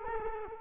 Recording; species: mosquito wingbeat signal from an infrared sensor; Culex quinquefasciatus